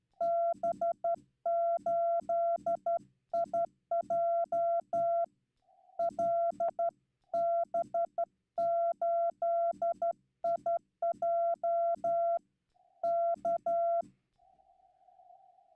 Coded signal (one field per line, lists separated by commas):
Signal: Morse code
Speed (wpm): 12 wpm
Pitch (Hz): 680 Hz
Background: none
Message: B8IJ LB8IJ K